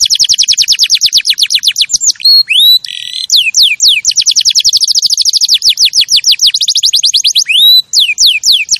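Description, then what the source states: Canary singing continuously and loudly, fast rolling trills alternating with sweeping downslurred whistles and rising notes, barely pausing across the whole stretch. Canary champion song used as a master recording for training other birds.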